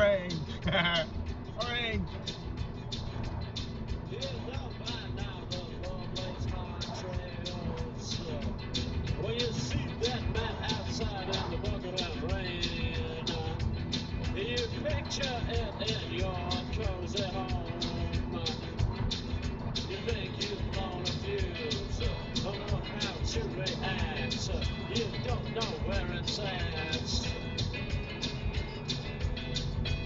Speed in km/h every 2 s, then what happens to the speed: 48, 50, 48, 50, 50, 48, 48, 48, 48, 48, 50, 52, 50, 48, 50.
0-30 steady at about 48.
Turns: none.